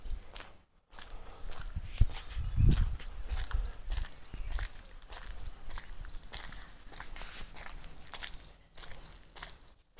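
A morning walk along a breezy hill road, with steady footsteps crunching on the surface and a low rumble of wind. A louder thump and scuffle lands around the two-to-three second mark. Brief silent gaps open near the start and end.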